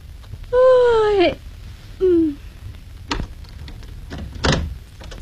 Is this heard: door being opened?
yes